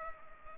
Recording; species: mosquito wingbeat signal from an infrared sensor; Culex pipiens